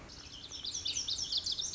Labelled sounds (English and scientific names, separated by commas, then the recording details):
Lazuli Bunting (Passerina amoena)
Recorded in Sonoma County, California